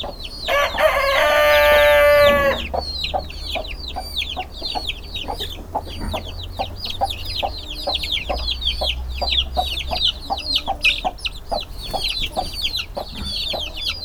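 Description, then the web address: Chicken (Hungarian hen): chicken sounds: a rooster's drawn-out crow comes first, followed by dense, rapid high-pitched chick peeps that carry on to the end. Hungarian hen breed in a farmyard; hen clucking and rooster crowing, with chicks present. "allathangok parasztudvar csibe magyartyuk kotkodakukorekolasroffentesek"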